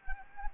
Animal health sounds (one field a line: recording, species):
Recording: mosquito wingbeat signal from an infrared sensor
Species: Anopheles gambiae